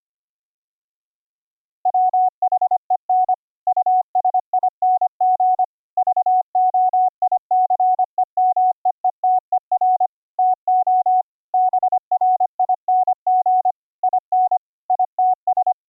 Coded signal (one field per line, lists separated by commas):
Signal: Morse code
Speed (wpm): 25 wpm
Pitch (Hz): 740 Hz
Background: none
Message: WHEN USING VOICEMEETER TO BRING IN ITS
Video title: Virtual audio cables for Morse Code audio routing - dropped audio buffers - experimental workaround